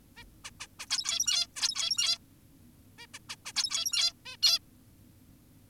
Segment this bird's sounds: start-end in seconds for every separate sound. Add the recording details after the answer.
0.17-0.24, 0.44-0.50, 0.60-0.67, 0.80-0.86, 0.90-1.47, 1.56-2.18, 2.98-3.06, 3.14-3.19, 3.30-3.36, 3.46-3.52, 3.56-4.13, 4.26-4.37, 4.43-4.59. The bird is an adult. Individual g17y2U